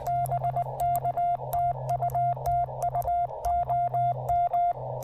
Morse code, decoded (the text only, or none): BK TU TU OM